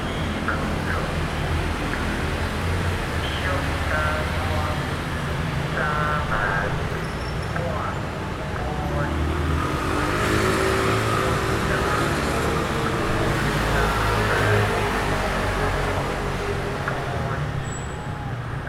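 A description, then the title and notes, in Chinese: A repair van's loudspeaker broadcast plays outside, a looping voice announcement advertising window and door repairs. The voice carries over a steady low rumble of the idling vehicle and traffic, staying fairly constant in loudness throughout, with the speech slightly muffled. 修理門窗廣播聲。在某天的早上,隱約在睡夢中聽到有修理紗窗的廣播聲。那修理的工作車就在外頭。這的確是台灣很道地的聲音。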